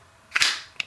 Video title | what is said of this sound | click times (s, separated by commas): Brous Blades SSv2 Neck Knife, Silent Soldier Version 2 Review | you hear that click it locks in that's it in the sheath holds it very securely | 0.4 s, 0.8 s